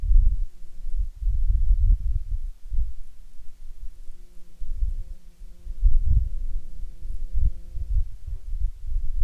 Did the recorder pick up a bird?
no